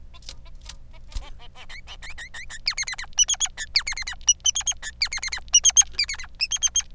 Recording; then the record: song of a male Bengalese finch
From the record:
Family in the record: son of father 3